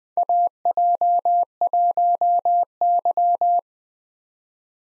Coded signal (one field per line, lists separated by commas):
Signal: Morse code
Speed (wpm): 20 wpm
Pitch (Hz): 700 Hz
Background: none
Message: AJ1Y